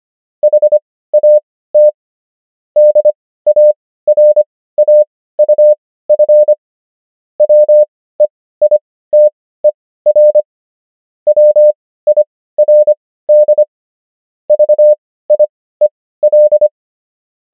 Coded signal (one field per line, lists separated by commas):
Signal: Morse code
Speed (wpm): 25 wpm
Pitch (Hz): 600 Hz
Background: none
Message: HAT DARAUF WEITER WIRD VIEL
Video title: morse Übung | 25wpm | 16fw | 500 häufigsten Wörter | DEUTSCH